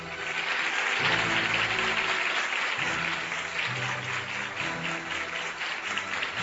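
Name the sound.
audience applause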